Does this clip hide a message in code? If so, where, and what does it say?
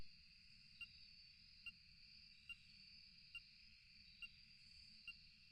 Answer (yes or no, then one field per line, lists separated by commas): no